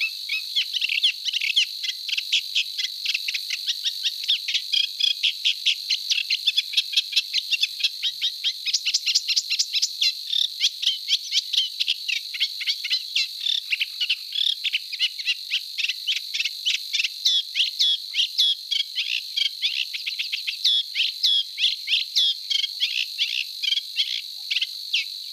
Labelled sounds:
Eurasian Reed Warbler (Acrocephalus scirpaceus) song

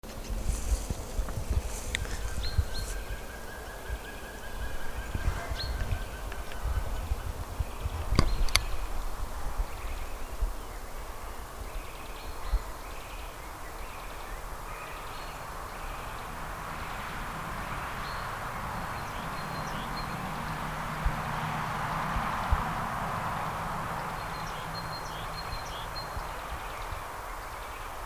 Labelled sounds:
European Green Woodpecker (Picus viridis)

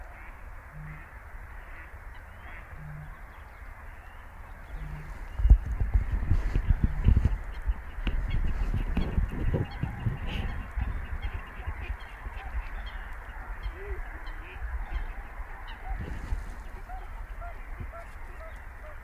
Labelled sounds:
Little Crake (Porzana parva)

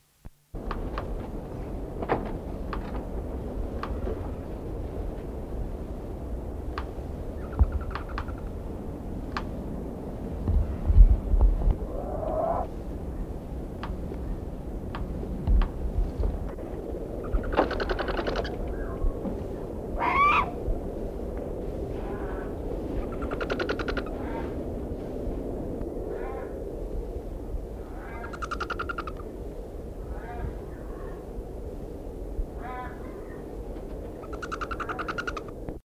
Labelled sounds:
Striped Owl (Pseudoscops clamator)

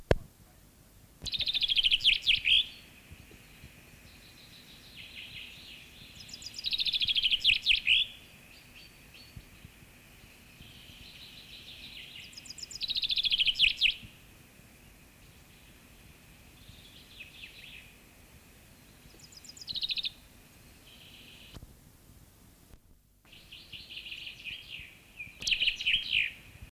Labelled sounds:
Common Chaffinch (Fringilla coelebs) song

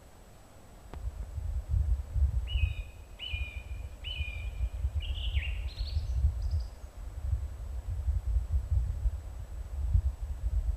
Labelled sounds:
Song Thrush (Turdus philomelos) song

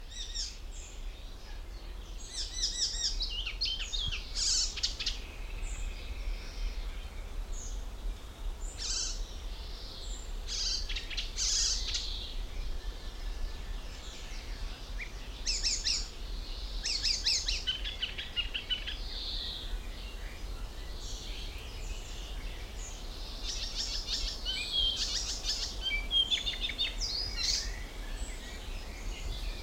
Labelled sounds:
Icterine Warbler (Hippolais icterina)

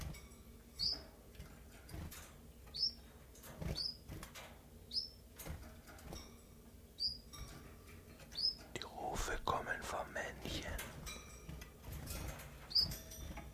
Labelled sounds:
Common Chiffchaff (Phylloscopus collybita)

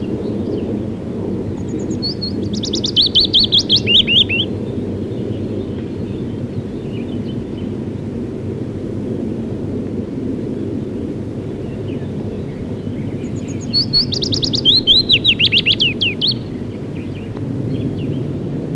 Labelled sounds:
Willow Warbler (Phylloscopus trochilus) song

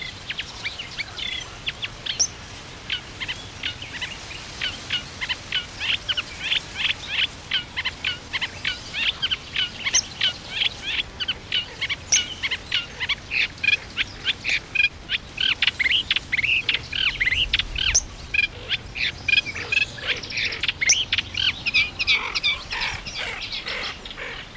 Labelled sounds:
Eurasian Reed Warbler (Acrocephalus scirpaceus) song

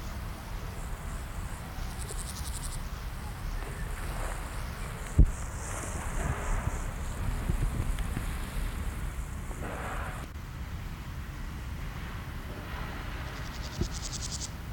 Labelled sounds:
Meadow Grasshopper (Chorthippus parallelus) stridulation

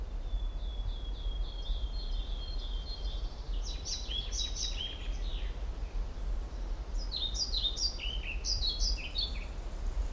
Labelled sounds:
European Pied Flycatcher (Ficedula hypoleuca)

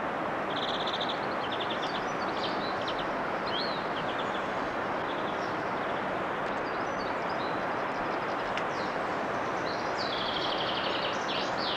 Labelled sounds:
European Greenfinch (Chloris chloris) song

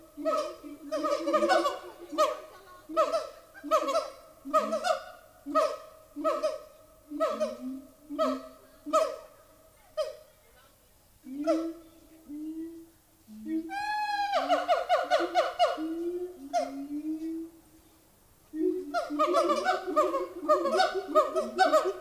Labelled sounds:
Siamang (Symphalangus syndactylus)

